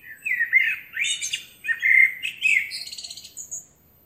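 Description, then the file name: Eurasian blackbird song phrase: a low fluted, warbling start around mid pitch, then a thin, squeaky high twitter trailing off at the end. "Turdus merula"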